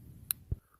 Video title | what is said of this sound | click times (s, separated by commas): Buck 110 review after carrying for 9 years | it snaps back into place you have to use this locking mechanism here push that down to close it so | 0.3 s